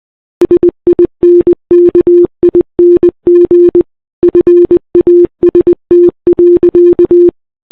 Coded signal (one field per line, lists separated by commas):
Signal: Morse code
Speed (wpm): 20 wpm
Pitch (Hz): 350 Hz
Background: none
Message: SINKING FAST.